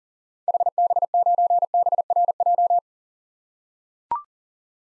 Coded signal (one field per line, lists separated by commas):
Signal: Morse code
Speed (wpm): 40 wpm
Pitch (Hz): 700 Hz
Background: none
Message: HB9BRJ